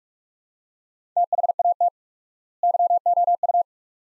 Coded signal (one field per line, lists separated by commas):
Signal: Morse code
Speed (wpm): 45 wpm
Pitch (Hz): 700 Hz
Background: none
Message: THAT YOU